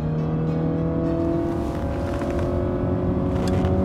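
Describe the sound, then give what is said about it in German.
A car engine drones loudly and steadily, its pitch climbing and shifting as it revs and speeds along, with no voices over it. “Wow, seid ihr immer so schnell mit diesen Autos hier auf der Erde unterwegs?”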